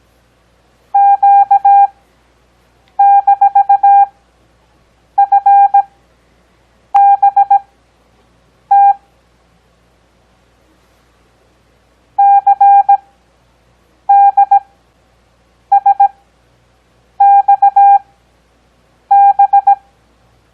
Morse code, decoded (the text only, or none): Q-FBT CDSXB